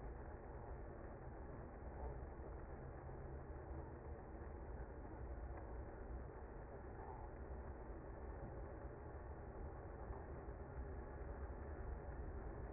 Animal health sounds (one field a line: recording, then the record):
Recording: honeybee colony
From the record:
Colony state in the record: active